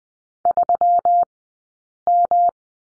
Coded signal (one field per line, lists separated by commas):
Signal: Morse code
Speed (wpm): 20 wpm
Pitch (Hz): 690 Hz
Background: none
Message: 3M